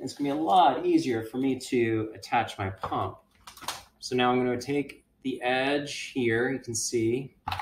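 Someone talks while handling a hand pump's connector, pressing its small metal clip to push it onto the forward-facing valve stem of a blood flow restriction cuff. A few short handling knocks sound around 3.4 to 3.7 seconds, with brief taps at the very end. Nothing has seated or clicked yet.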